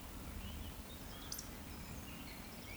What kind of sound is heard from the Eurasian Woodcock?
whistle